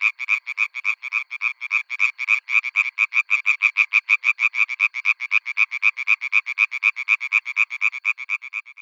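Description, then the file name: European tree frog producing a long run of rapid, rasping knocks at an even, quick rhythm, with no other sounds. "Hyla arborea"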